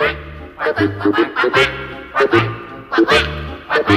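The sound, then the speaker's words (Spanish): Twelve ducklings swimming on a small lake quack in quick, nasal bursts, several clustered calls repeating in an uneven rhythm over a low, steady humming tone, with no talking. “Cuando Juan llega al laguito, encuentra 12 patitos que están nadando.”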